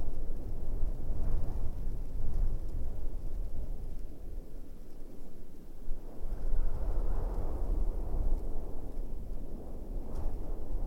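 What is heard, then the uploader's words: A soundscape from the Empty Quarter sand dunes: a continuous low, roaring rumble like gusting wind. It swells around the first two seconds and again between six and eight, easing off near the middle, with almost nothing bright or high above it. Arabian Desert is a collection of stereo and quad soundscapes recorded on the Arabian Peninsula in the Empty Quarter, the largest expanse of sand dunes on Earth.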